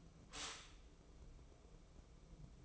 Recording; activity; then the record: daily activity, microphone in the room; stop toaster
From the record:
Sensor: 1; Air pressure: 1007.1 hPa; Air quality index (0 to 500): 73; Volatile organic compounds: 1 ppm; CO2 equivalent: 652 ppm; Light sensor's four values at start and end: 8/19/7/8 and 8/19/7/8